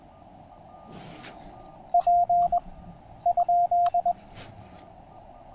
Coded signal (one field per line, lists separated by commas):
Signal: Morse code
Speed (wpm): 22 wpm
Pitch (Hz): 690 Hz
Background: none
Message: P ?